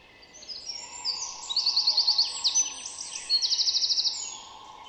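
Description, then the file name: Eurasian wren pouring out a fast, very high jumble of trills and piercing notes, over a constant low drone. "Troglodytes troglodytes"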